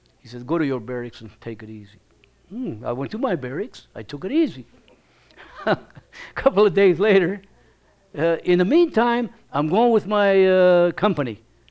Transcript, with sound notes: He says, "Go to your barracks and take it easy." Hmm. I went to my barracks. I took it easy. ( she laughs ) A couple of days later, in the meantime I'm going with my, uh, company